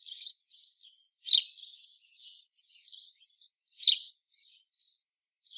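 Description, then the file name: House sparrow calls: three loud chirps, each followed by softer twittering notes, on a quiet background. "Passer domesticus"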